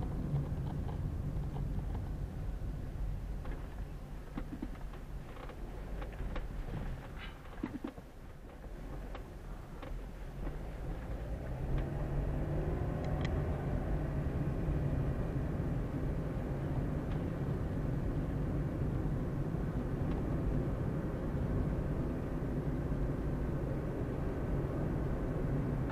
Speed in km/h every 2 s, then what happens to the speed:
17, 10, 6, 7, 5, 10, 20, 26, 29, 31, 34, 36, 39.
0-3 brakes to 6. 3-8 steady at about 6. 8-26 speeds up to 39.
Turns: none.